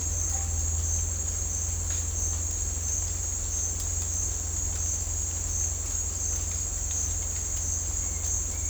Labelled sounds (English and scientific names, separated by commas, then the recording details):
none
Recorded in dense forest near Puerto Asís, Putumayo, Colombia, on 21 December 2024 at 08:30
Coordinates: 0.466, -76.327
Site G075